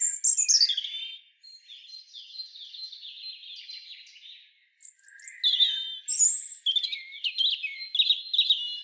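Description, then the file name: European robin delivering high, sliding whistled notes and a soft warbled stretch, pausing briefly, then resuming with louder sparkling trills and quick tumbling phrases. "Erithacus rubecula"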